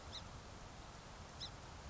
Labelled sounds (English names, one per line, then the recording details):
Song Sparrow
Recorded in Sonoma County, California